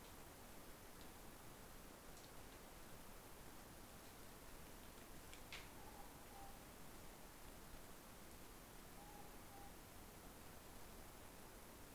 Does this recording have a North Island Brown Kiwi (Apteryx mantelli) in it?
no